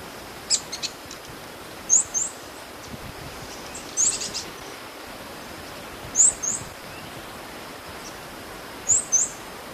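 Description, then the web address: Metallic-green tanager calling with sharp, very high, thin notes, mostly in pairs, repeated about every two seconds over a soft hiss. Recorded in Ecuador. "Birds of Ecuador. Metallic-green Tanager"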